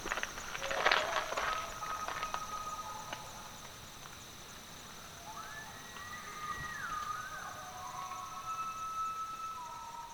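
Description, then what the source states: Elk bugle: a thin whistled tone rises, holds briefly and falls away, with faint later whistles, over a steady hiss and some scuffing sounds early on. Wild Pennsylvania elk from a herd of about 1,100 in Elk County fields and forests, north central Pennsylvania; recorded in the mating season, when bulls bugle as their mating call.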